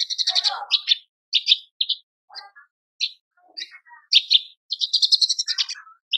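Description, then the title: Horsfield's bush lark song: dense chattering trills mixed with lower buzzy notes and short whistles, in quick varied phrases. Masteran tutor recording for training caged birds; described as super gacor, singing persistently. "MASTERAN AMPUH KICAUAN BRANJANGAN SUPER GACOR"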